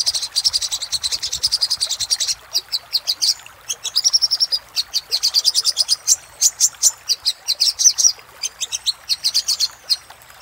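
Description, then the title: Little spiderhunter song of long rapid high chattering trills, broken by short pauses and single sharp chips, continuing through the whole stretch. Used for training cage birds. "Masteran Burung Sogok Ontong Labaik"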